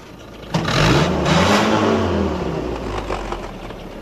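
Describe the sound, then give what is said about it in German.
A tow truck's heavy engine rumbles in and grows louder, its low throbbing tones rising and falling in pitch as it revs, holding steady for several seconds with no one talking. “Die beiden Männer unterhielten sich noch ein bisschen, und während sie noch so dastanden, kam wieder ein Motorengeräusch näher. Es war der Abschleppdienst.”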